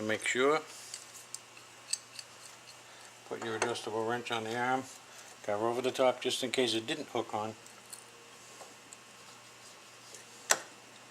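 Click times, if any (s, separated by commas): 10.5 s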